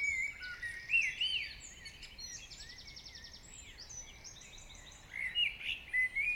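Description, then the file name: Birdsong: several birds singing high, quick whistled and chirping phrases, with a buzzy trill near the middle and louder warbling bursts at the start and end, over faint background hiss. Morning birdsong. "Chants Oiseaux du Matin"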